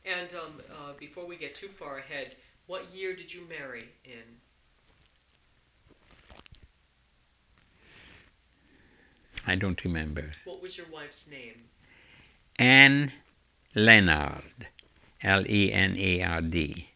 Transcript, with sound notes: And before we get too far ahead, what year did you marry in?
(he pauses) I don't remember.
What was your wife's name?
Ann Lenard, L-E-N-A-R-D.